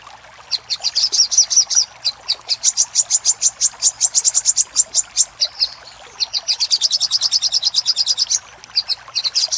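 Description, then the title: Little spiderhunter song: long rapid series of high, ticking notes that speed into trills, with a brief pause midway before another fast burst. Master audio for training cage birds; labaik style. "Masteran Burung Sogok Ontong Labaik"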